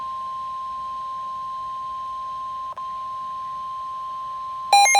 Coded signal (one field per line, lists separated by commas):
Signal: Emergency Alert System (SAME) tones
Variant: 1050 Hz attention tone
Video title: (EAS #59) KJY86 Severe Thunderstorm Warning